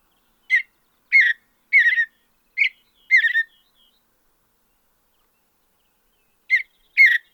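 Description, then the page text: Mountain bluebird song: five short burry warbled notes in quick succession, a three-second pause, then two more notes, with nothing else heard. "Andrew Spencer - Голубая сиалия (Sialia currucoides)"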